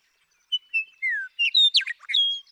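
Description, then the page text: Western meadowlark song of several clear whistled notes, one slurring downward, followed by a jumbled fluty warble and a final drawn-out whistle. Male western meadowlark (Bird 1) singing in Sierra Valley, eastern California, 2018. "Birdsong for the Curious Naturalist: Explore #7. The joy of western meadowlark songs. Come along with me to Sierra Valley in eastern California where, during 2018, I just couldn't get enough of them"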